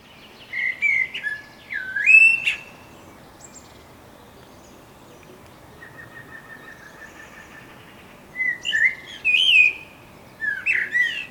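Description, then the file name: Common blackbird delivering fluty warbled phrases with sharp high squeaks, a soft steady series of notes in the middle, then several more rich phrases. "Turdus merula"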